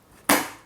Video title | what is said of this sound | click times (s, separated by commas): 무선카드단말기 KMC-C600Q 용지교체방법 | 탁 소리가 나죠 그러면서 닫힙니다 | 0.3 s